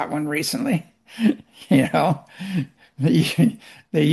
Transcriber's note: laughs